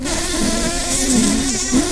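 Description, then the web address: Red-tailed bumblebee buzzing, a steady low drone that wavers slightly in pitch, amid loud broad noise. Queen bumblebees. "Lapidarius queens"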